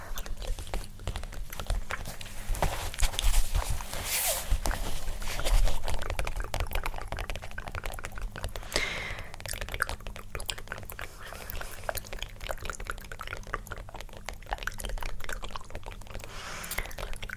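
Dense layered tapping and scratching run through the whole clip, with quick irregular clicks and rustles mixed with wet mouth sounds that resemble chewing. It is busiest and loudest around three to six seconds, then continues more evenly, with a steady low hum underneath.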